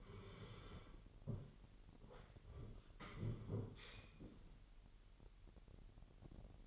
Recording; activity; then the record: daily activity, microphone in the room; sit down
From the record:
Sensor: 4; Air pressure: 999.2 hPa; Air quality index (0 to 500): 115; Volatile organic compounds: 2 ppm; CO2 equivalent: 1133 ppm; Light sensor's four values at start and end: 12/29/12/13 and 12/29/12/13